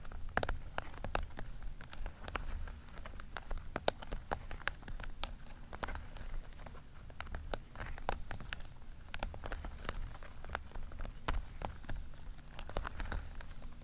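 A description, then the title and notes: Rustling and shuffling with frequent sharp taps and scrapes scattered irregularly across the whole stretch, some louder clicks standing out around two, four and six seconds. A low rumbling murmur runs steadily underneath, and the busy handling never really pauses. Rustling, shuffling, scraping, tapping ASMR.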